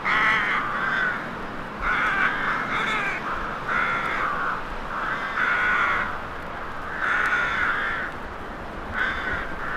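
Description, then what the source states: Crows calling with loud, raspy caws, often doubled, repeating roughly every two seconds over low background noise. Crows in a graveyard atmosphere; horror soundscape.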